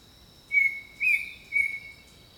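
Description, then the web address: Bird song: three level whistled notes about half a second apart, over a steady high insect drone. Jungle setting. "Echoes of Nature - Jungle Talk 01 Jungle Birdsong"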